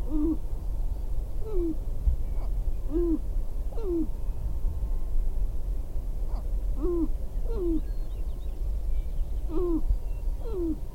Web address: Laura's Natural Sounds Sharp-tailed Grouse